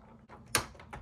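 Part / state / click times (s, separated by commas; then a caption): plastic mounting clip into toilet seat hinge clamp / seated / 0.5 s. A plastic mounting clip on a plastic bolt is slid fully into the open hinge clamp on the underside of a turned-over Mayfair Easy Clean toilet seat. It seats with a sharp click at 0.6 s, followed by two fainter knocks near 0.8 s and 0.9 s.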